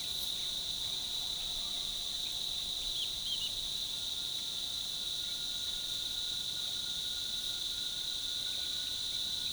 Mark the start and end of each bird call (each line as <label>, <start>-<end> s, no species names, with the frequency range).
bird call (1.8-4.0 kHz), 2.26-3.47 s